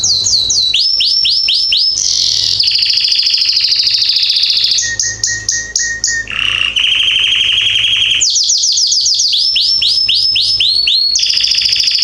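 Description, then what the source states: Belgian canary singing continuously: rapid whistled sweeps, long buzzy trills and rolling phrases alternating. Male Belgian canary singing very strongly; used for training and warming up young birds.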